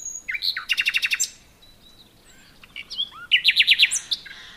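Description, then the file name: Common nightingale song: a few varied notes and a fast run of repeated loud notes, then a quiet gap, then another phrase with a rapid series of sharp, high notes. "Luscinia megarhynchos"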